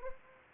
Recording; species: mosquito wingbeat signal from an infrared sensor; Anopheles arabiensis